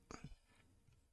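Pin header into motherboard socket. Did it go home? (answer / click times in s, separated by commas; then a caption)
yes / 0.1 s. A small pin header is pressed into a motherboard socket on the board of a retro computer replica PCB. A single short, sharp snap is heard at 0.1 s as it seats in place, followed by a couple of softer low knocks and quiet background.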